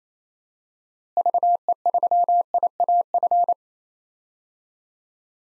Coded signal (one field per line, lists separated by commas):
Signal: Morse code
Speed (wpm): 27 wpm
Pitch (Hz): 700 Hz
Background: none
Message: VE3IAF